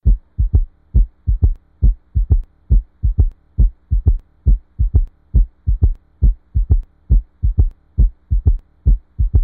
Heartbeat sound.